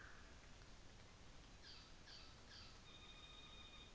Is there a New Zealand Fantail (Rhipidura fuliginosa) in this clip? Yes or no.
no